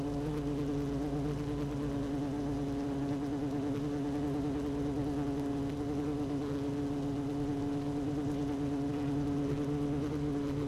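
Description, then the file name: Honey bee colony humming, a steady low drone with a strong even tone and layered overtones, unchanging throughout. Hive 1 with queen bee, recorded 12 June 2018 at 16:30. "Hive 1 12 06 2018 Queen Bee H 1 audio 16 30 00"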